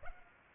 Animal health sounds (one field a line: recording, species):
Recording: mosquito wingbeat signal from an infrared sensor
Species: Culex pipiens